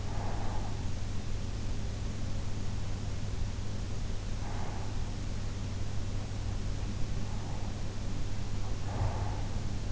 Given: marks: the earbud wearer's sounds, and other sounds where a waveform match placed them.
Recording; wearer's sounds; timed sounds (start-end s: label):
sounds in sleep by an in-ear microphone; breath
0.00-0.94 s: breath
7.28-9.62 s: breath